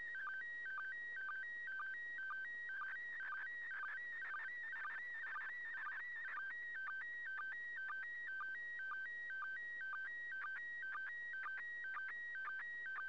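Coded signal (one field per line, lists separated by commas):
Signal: SSTV (slow-scan television)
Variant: PD120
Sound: steady warbling tone alternating two pitches, with short low chirps about twice a second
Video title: 29th First Pass. Slow Scan Television (SSTV) images transmitted from the International Space Station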